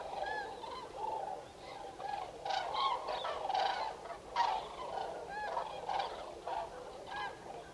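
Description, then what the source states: Common cranes giving loud trumpeting calls from many birds, overlapping bursts with short pauses between them. Recorded 5 November 2018.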